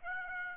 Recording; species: mosquito wingbeat signal from an infrared sensor; Aedes aegypti